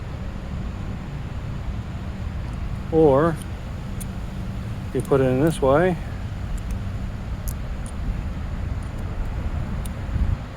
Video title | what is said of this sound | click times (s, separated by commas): Is this the Perfect EDC Tool Kit? Introducing the Icon 35 Piece Flex Head Ratchet Set. | and it'll lock some well and it doesn't lock in place thing i'll see am i doing something wrong | none